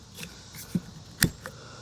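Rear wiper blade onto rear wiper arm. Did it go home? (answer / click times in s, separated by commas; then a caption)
no / none. A rear wiper blade is handled against the rear wiper arm of a Nissan Murano SUV, with quiet rustling and brief sharp ticks near 0.8, 1.2 and 1.5 seconds. Nothing has seated or clicked into place yet; the clip ends just before the blade goes home.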